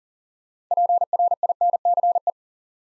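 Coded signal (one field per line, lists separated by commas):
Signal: Morse code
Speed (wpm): 38 wpm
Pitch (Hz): 700 Hz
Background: none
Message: PRINCE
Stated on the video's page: Morse practice drill at 40 wpm: 8-letter words built up two letters at a time, for instant character recognition.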